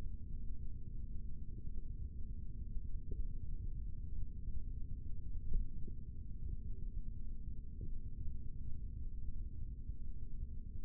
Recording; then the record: forearm muscle sounds (acoustic myography)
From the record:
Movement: rest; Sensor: system 3, bracelet of six PUI Audio POM-2738L microphones around the upper forearm, with dedicated amplification and filtering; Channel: 2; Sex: male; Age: 23 years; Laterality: right